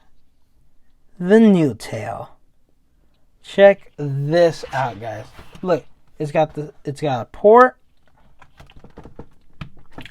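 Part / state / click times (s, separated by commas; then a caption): articulated tail accessory into action figure body port / seated / 9.6 s. Someone talks, then a plastic articulated tail accessory is pushed into the port on the back of a plastic Marvel Legends Mojo action figure. After a few small ticks of handling, it clicks into the port at 9.6 s and is seated.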